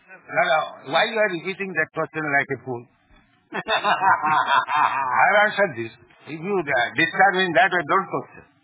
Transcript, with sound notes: Why you are repeating that question like a fool? [laughter] I have answered this. If you disturb in that way, don't question.